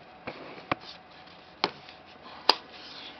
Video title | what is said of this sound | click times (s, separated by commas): Test de l'étui Alu Cuir Proporta pour Nokia N97 MINI - blog-n97.fr | rester bien fixés dont vous entendez des tic clic | 0.7 s, 1.6 s, 2.5 s